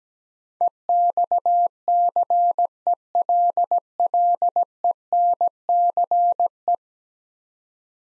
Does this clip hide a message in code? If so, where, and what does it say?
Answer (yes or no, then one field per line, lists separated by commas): yes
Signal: Morse code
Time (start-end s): 0.6-6.8 s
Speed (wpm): 17 wpm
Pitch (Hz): 700 Hz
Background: none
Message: EXCELLENCE